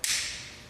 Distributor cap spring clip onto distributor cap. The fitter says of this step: And it just snaps right in